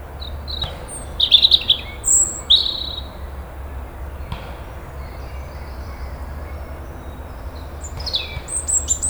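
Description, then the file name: European robin song: clear, thin, high trills and sliding whistles near the start and again at the end, with quiet background hum between. "Erithacus rubecula"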